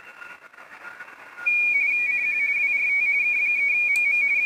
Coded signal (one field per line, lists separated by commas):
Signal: RTTY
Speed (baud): 45.45 baud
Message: CQ WRT K3MM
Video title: Weekly RTTY TEST - 6-5 2026 (And other stuff)